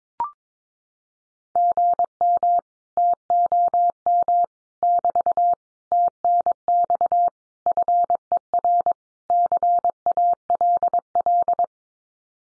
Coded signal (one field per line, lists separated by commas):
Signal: Morse code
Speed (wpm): 22 wpm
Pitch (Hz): 700 Hz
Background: none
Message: GM TOM <BT> TNX FER CALL